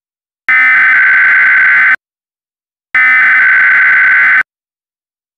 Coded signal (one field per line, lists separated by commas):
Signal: Emergency Alert System (SAME) tones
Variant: header bursts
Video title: EAS 194-196: did i upload this a little late?